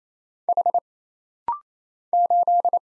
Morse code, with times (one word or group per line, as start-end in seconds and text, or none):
0.5-0.8 H
2.1-2.8 8